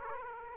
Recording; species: mosquito wingbeat signal from an infrared sensor; Aedes aegypti